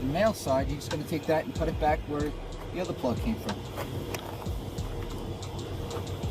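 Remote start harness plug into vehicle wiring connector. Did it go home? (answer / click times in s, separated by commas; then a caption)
no / none. On a 2015–2019 Ford F150/F250, someone handles the male side of a plug-and-play remote start wiring harness plug, bringing it toward the vehicle's original connector socket where the other plug came from, while talking throughout. Nothing has seated or clicked yet; the clip ends before the connector goes home.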